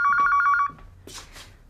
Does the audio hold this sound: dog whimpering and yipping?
no